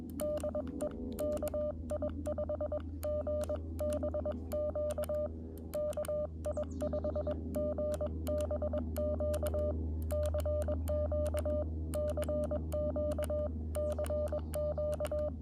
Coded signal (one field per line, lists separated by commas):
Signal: Morse code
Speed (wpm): 21 wpm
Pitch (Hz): 600 Hz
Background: none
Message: DE KI5GBQ KI5GBQ CQ CQ CQ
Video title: Afternoon Morse Code POTA activation 1/15/25